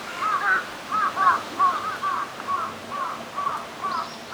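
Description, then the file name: Bird calls: short arched notes given in a steady series, with a soft background hiss. "Birds Chirping"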